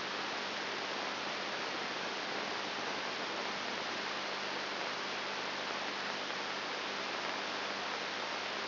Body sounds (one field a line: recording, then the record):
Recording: brain microelectrode recording played as sound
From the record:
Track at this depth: outside the subthalamic nucleus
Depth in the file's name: 0.109 mm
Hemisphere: left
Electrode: 3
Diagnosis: Parkinson's disease